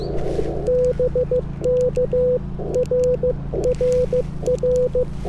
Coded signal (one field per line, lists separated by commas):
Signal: Morse code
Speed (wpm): 15 wpm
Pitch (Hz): 500 Hz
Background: none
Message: BK RRR